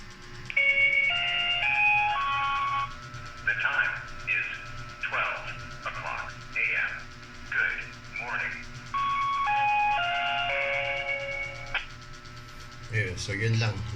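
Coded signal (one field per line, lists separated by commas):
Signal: speaking clock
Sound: electronic chime melody, a short synthetic spoken announcement, then the melody repeats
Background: low hum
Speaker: Ngayon naka-set lang ako sa 12 a yata ano para lang for testing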